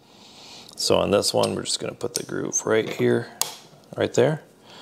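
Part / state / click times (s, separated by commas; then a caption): plastic shelf clip onto metal cart pole / not seated / none. A plastic shelf-support clip is lined up with the groove on a metal pole of a VEVOR kitchen utility cart while someone talks, with light handling taps under the speech. The clip has not snapped into place yet.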